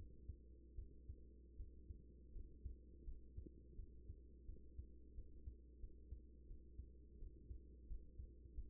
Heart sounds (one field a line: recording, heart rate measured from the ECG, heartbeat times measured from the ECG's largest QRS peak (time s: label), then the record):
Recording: heart sounds by stethoscope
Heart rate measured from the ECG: 85 bpm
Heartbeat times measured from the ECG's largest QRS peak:
0.75 s: heartbeat
1.56 s: heartbeat
2.32 s: heartbeat
3.04 s: heartbeat
3.75 s: heartbeat
4.45 s: heartbeat
5.14 s: heartbeat
5.80 s: heartbeat
6.47 s: heartbeat
7.19 s: heartbeat
7.87 s: heartbeat
8.54 s: heartbeat
From the record:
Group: healthy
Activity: rest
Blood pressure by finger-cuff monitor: 103/65 mmHg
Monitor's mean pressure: 81 mmHg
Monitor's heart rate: 83 bpm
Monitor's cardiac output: 6.5 L/min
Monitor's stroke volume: 79 mL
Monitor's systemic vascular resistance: 890 dyn s/cm5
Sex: female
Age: 24 years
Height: 163 cm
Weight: 55.7 kg